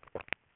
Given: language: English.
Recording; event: throat vibration sensor signal played as sound; swallow